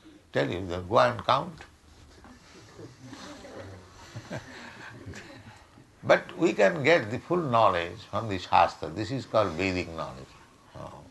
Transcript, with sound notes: tell you that "Go and count." [laughs] But we can get the full knowledge from the śāstra. This is called Vedic knowledge.